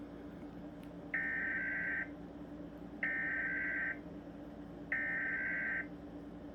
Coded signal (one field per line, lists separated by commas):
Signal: Emergency Alert System (SAME) tones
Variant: header bursts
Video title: EAS Scenario #2, Nuclear Attack Disaster